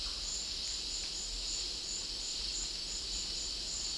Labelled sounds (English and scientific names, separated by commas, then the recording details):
none
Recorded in dense forest near Puerto Asís, Putumayo, Colombia, on 20 February 2024 at 10:00
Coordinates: 0.500, -76.322
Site G6465